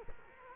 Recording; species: mosquito wingbeat signal from an infrared sensor; Culex quinquefasciatus